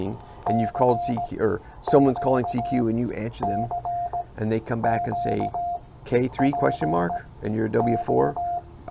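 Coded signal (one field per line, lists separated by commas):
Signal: Morse code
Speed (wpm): 16 wpm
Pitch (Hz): 700 Hz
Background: speech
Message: CQ CQ PO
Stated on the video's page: Park (POTA) activation, calling for over an hour and a half with few contacts; captioned CW copy practice.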